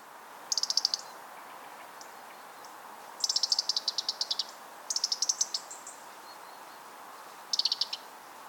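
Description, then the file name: European robin ticking calls, short bursts of rapid, sharp, high clicks, four separate bursts over several seconds against a soft steady background hiss. "Erithacus rubecula"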